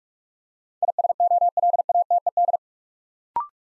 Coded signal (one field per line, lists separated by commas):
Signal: Morse code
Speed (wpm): 44 wpm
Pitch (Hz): 700 Hz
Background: none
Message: ISOLATED